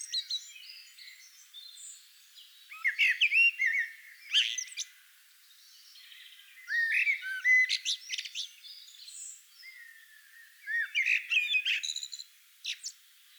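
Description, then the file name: Eurasian blackbird delivering several warbled phrases a few seconds apart, with mellow lower notes mixed with sharp high squeaks and twitters. "Turdus merula"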